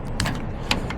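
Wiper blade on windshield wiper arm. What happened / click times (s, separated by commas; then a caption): The plastic blade mount clicked free of the arm / 0.2 s, 0.7 s. On the passenger side of a 2019-or-later Mercedes Sprinter, the windshield wiper is pushed down and the plastic blade mount is clicked forward to release the wiper blade from the wiper arm, before the washer hose is pulled off. Sharp plastic clicks sound at 0.2 s and 0.7 s, with softer clatter at about 0.3 s and 0.9 s over a steady low background hum. The wiper blade is released from the arm.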